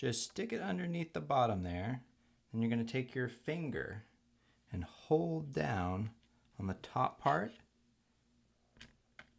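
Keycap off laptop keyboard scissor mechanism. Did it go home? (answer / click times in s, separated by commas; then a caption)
released / 9.2 s. Someone talks while a pry tool is wedged under the bottom of the right arrow keycap on a mid-2010 13-inch MacBook Pro 1278 (2.66 GHz, MC375, Type J keyboard), with the top of the cap held down by a finger. After a faint tick at 8.8 s, a sharp click at 9.2 s marks the keycap snapping off its scissor clips, released from the laptop keyboard.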